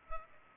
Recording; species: mosquito wingbeat signal from an infrared sensor; Culex pipiens